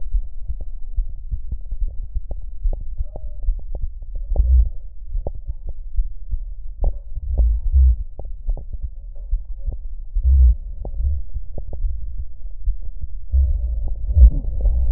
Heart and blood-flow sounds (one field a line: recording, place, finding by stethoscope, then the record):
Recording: heart sounds by stethoscope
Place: aortic valve (AV)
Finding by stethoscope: normal heart sounds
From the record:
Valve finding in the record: normal valve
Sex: female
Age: 60 years